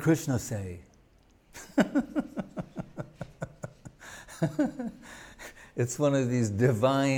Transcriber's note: laughing